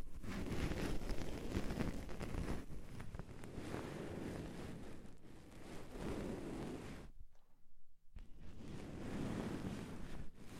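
Deep ear cleaning: a dense, rushing scrape and rub that swells and eases in waves every couple of seconds, heavy in the low end with a hissy top. Around seven seconds the sound cuts out for about a second, then the rubbing resumes.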